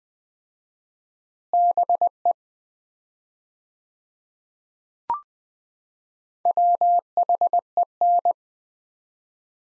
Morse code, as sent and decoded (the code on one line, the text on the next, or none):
-... . / .-- .... . -.
BE WHEN